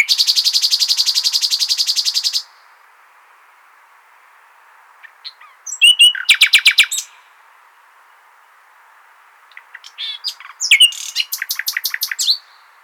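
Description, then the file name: Common nightingale opening with a fast, even buzzy trill, followed after a pause by loud rattling phrases and varied chirping notes. "Luscinia megarhynchos"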